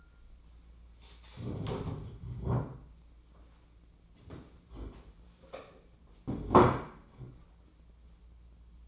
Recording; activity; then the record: daily activity, microphone in the room; stand up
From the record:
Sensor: 1